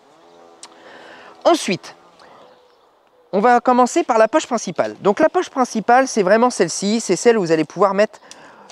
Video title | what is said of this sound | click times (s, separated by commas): ON A REÇU LE QUIVER KIFARU ET ON VOUS LE PRÉSENTE !! - BAN | Vous voyez, ça se clipse, ça se déclipse ultra facilement. | 0.6 s